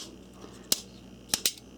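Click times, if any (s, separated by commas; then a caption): 0.7 s. A base pad is slid onto the body of an S&W M&P22 Compact 14+1 high-capacity pistol magazine over the depressed retainer, and it snaps home with a sharp click at 0.7 s, locking into place. Two more sharp clicks follow at about 1.3 s and 1.5 s.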